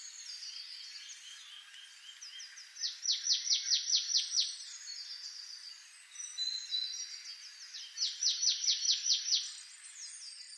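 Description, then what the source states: Marsh tit, two fast series of sharp falling high notes about five seconds apart, set against a busy background of thin whistles and twittering. Recorded 28 November 2013.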